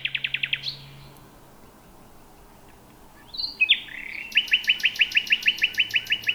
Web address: nachtegaal luscinia megarhynchos